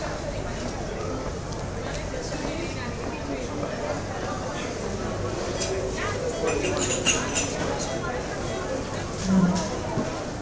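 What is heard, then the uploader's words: A busy coffee shop, with a steady murmur of many overlapping voices. Occasional bright clinks of cups and dishes cut through, with a cluster around seven seconds, and a louder bump or voice near the nine-second mark. City Coffee Shop.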